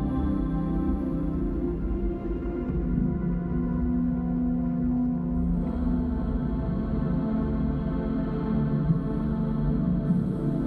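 Whale song over tranquil water: long, sustained tones hold steady, with a mid-low voice swelling and bending between about 3 and 6 seconds and again near 10 seconds. A dense, even low rumble of water runs underneath throughout, keeping the level constant.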